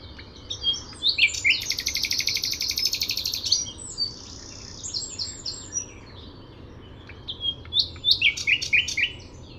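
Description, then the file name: Common nightingale song featuring a long, loud buzzing rattle, followed by quieter varied phrases and a final burst of sharp rapid notes. "Luscinia megarhynchos"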